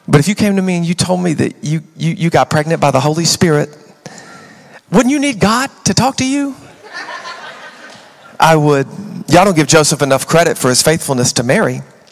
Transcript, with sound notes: But if you came to me and you told me that you you you got pregnant by the Holy Spirit, wouldn't you need God to talk to you? [laughter] I would. Y'all don't give Joseph enough credit for his faithfulness to Mary.